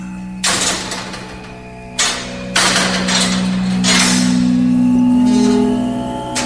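A metal gate is opened just after the maghrib call to prayer by a man returning home from work, with a few loud clanking jolts, followed by a sustained grinding rattle and ringing metallic tones as it slides along. No one speaks.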